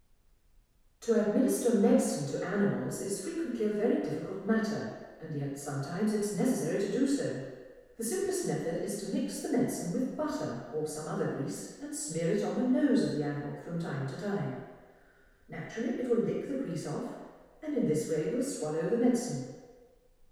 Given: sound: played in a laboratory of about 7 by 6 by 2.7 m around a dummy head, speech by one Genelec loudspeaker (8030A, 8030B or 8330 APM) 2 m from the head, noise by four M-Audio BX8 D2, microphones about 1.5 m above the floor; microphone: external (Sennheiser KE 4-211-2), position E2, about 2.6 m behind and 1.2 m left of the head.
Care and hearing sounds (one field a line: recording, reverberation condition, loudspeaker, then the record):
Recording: female speech in English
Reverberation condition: high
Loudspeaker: 60 degrees to the left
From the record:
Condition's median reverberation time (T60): about 1300 ms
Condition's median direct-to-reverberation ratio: about -4.0 dB